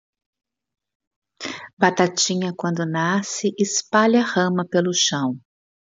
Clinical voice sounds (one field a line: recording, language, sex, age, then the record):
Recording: short text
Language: Brazilian Portuguese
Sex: female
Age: 50 to 59 years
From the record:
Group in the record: control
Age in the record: 56 years